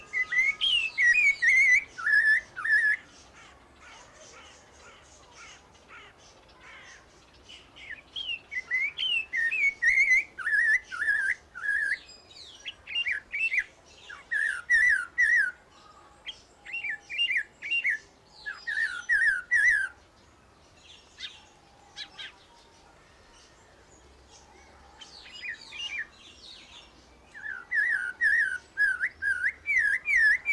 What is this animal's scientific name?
Cossypha niveicapilla